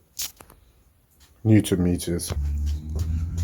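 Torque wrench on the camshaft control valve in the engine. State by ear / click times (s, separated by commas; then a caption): torque reached / 0.4 s, 0.5 s. A torque wrench tightens the left-hand threaded camshaft control valve in the engine to 35 Nm. Sharp clicks at 0.4 s and 0.5 s mark the wrench reaching its 35 newton-meter setting. Then someone talks.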